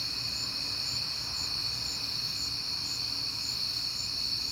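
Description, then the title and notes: Crickets keep up a shrill, pulsing chorus, with low hum below. At night in September, on a peaceful night; crickets heard often this month. "Night Time: Crickets and Passing Cars. It is September and I have been hearing the crickets a lot"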